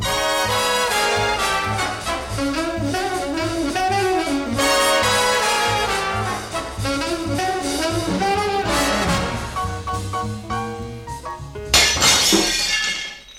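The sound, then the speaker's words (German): Upbeat band music by a band plays steadily, then near the end a stone is thrown through a window pane of detective Bob Klemmerle's fireside room, a loud, bright crash of glass breaking and tinkling for about a second before fading. “Dieser Stein, meine Damen und Herren, der außer der Fensterscheibe beinahe auch noch die rostfreie Biedermeier-Standuhr im Kaminzimmer des Meisterdetektivs Bob Klemmerle zertrümmert hätte, dieser Stein wurde leider etwas zu früh geworfen.”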